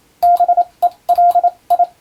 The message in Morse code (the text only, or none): BELI